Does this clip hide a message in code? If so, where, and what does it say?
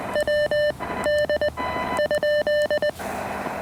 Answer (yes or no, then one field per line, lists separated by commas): yes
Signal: Morse code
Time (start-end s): 0.2-2.9 s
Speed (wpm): 19 wpm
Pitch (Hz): 1800 Hz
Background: none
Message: W D ?